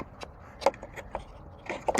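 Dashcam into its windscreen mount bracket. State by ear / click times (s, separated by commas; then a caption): not seated / none. A dashcam for a BYD Atto 3 is handled at its windscreen mount bracket behind the mirror, with its side lugs being lined up to the mount. Light plastic taps and rattles are heard, with sharp ticks near 0.7 s and 2.0 s. Nothing has clicked or seated yet.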